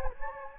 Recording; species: mosquito wingbeat signal from an infrared sensor; Anopheles gambiae